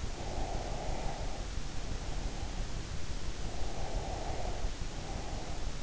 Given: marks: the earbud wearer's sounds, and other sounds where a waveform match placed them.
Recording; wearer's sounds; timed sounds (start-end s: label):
sounds in sleep by an in-ear microphone; breath
0.15-2.58 s: breath
3.50-5.77 s: breath